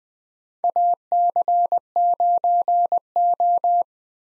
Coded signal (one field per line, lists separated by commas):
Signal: Morse code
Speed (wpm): 20 wpm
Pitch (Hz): 700 Hz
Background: none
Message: AC9O